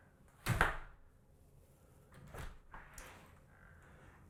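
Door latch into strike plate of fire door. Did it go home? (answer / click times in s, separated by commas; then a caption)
no / none. A fiberglass fire door swings shut on its self-closing hinges during a test, landing with a loud thud around 0.5 to 0.6 s, followed by fainter knocks near 2.7 s and 3.0 s. The door closes, but its latch does not catch in the strike plate, and nothing has latched or clicked yet.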